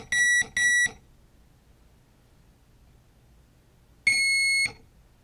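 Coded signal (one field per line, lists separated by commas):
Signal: beep code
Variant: Turnigy Plush ESC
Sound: two short buzzy beeps, about three seconds of quiet, then one longer beep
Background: quiet room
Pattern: 2 short, 1 long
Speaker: let me run through the cheat sheet with you showing some of the representative sounds so you can understand what we're talking about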